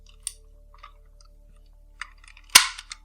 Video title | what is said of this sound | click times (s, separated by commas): Retro Zord Review 013 - Zeo Megazord #MMPR #BanDai #Megazord | until it clicks and he shrunk down a bit and then you just | 2.6 s